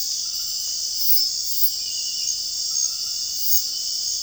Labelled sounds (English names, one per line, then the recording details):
none
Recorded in dense forest near Puerto Asís, Putumayo, Colombia, on 20 February 2024 at 01:30
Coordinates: 0.481, -76.318
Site G6421